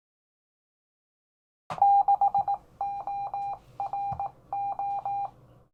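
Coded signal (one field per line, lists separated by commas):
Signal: Morse code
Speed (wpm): 18 wpm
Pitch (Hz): 800 Hz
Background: none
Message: 6ORO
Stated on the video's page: CW on 20m from a repaired Hill Topper 20 QRP kit radio, on the air.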